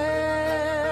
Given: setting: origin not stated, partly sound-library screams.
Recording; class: one-second piece from a danger detection set; normal situation